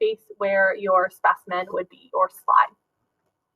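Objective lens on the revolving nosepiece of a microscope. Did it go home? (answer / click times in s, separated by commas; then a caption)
no / none. An objective lens on the revolving nosepiece of a microscope is being handled as the nosepiece is turned toward the stage, while someone talks throughout. Nothing has seated or clicked yet; the clip ends just before the objective goes home.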